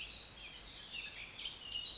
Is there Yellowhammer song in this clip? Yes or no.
no